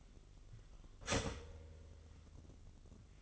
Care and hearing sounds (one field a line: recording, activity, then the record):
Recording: daily activity, microphone in the room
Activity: start toaster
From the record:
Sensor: 4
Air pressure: 1002.7 hPa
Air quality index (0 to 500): 235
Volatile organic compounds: 16 ppm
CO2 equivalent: 2546 ppm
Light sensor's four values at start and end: 21/74/27/27 and 18/60/23/22